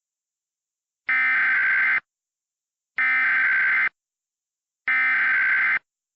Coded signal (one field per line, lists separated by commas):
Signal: Emergency Alert System (SAME) tones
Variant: header bursts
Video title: EAS MOCK Fictional CAE